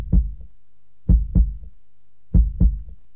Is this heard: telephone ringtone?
no